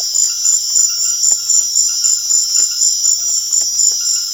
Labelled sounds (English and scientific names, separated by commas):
none